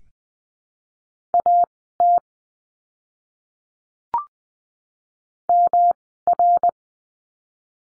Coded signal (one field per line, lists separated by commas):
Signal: Morse code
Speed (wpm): 20 wpm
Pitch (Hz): 700 Hz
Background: none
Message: AT MR